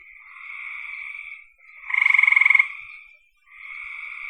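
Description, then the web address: Frogs trilling steadily, interrupted midway by one loud, fast-pulsed rattling call lasting under a second, then the soft trills resume. "cn frogs"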